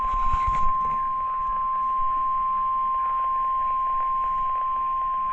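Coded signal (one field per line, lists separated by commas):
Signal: Emergency Alert System (SAME) tones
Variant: 1050 Hz attention tone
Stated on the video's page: Severe weather alerts, including a tornado warning, received on a NOAA weather radio.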